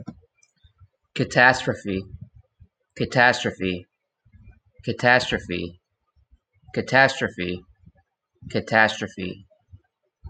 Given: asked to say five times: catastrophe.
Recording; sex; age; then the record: repeated word; male; 30 to 39 years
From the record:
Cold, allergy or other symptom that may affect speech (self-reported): yes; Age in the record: 33 years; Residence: Georgia, United States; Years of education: 18